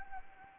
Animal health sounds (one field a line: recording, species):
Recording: mosquito wingbeat signal from an infrared sensor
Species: Anopheles gambiae